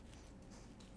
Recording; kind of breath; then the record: one breath in and out by a microphone near the nose and mouth; strong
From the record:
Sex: male